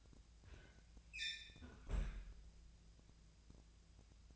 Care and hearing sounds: daily activity, microphone in the room; close fridge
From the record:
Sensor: 2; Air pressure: 999.9 hPa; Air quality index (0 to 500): 118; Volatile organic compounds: 2 ppm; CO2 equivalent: 1012 ppm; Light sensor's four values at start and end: 33/84/35/40 and 33/84/35/40

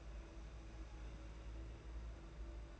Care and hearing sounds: daily activity, microphone in the room; place on stove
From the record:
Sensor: 2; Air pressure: 991.8 hPa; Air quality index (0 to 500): 233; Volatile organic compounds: 1000 ppm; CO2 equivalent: 7835 ppm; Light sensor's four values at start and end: 18/56/22/20 and 18/56/22/20

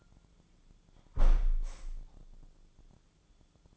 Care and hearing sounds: daily activity, microphone in the room; close window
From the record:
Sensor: 5

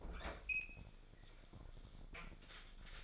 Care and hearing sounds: daily activity, microphone in the room; open fridge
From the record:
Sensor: 5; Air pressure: 1004.7 hPa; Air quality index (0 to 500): 156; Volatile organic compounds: 3 ppm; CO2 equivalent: 1468 ppm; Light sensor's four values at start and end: 20/45/18/16 and 20/47/18/17

